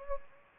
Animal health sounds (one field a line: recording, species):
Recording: mosquito wingbeat signal from an infrared sensor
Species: Anopheles arabiensis